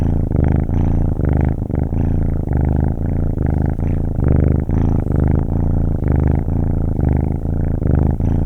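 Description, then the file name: Cat: kitten purr, a low vibrating rumble rising and falling with each breath in an even rhythm, uninterrupted for the whole stretch. "Kitten Purring"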